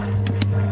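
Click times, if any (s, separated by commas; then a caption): 0.3 s, 0.4 s. While a Roush cold air intake is being installed on a 2019 Mustang GT California Special, a breather/vent hose quick fitting is worked onto its port on the intake tube. Two short, sharp clicks are heard at 0.3 s and 0.4 s over a steady low hum, and the fitting snaps on and is seated.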